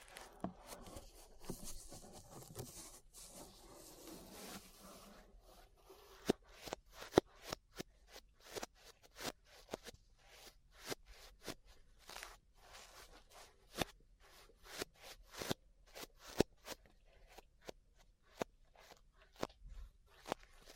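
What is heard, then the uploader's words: Ear brushing, with a dense run of soft bristly swishing for the first five seconds. After that it turns into sparse, crisp scratchy strokes and clicks at an irregular pace, a few each second. ASMR Relaxing 3Dio Ear Brushing (No Talking).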